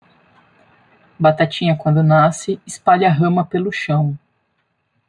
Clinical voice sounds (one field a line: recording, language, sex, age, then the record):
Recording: short text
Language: Brazilian Portuguese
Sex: female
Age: 40 to 49 years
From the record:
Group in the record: control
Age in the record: 44 years